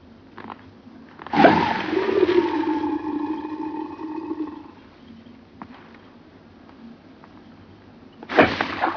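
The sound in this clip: Crocodile call: a loud, low, droning growl with a steady harmonic tone lasting about three and a half seconds, then quiet background noise and a short harsh burst at the end.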